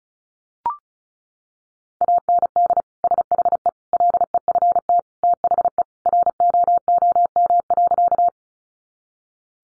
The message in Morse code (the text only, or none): AND SHE LEFT THE ROOM.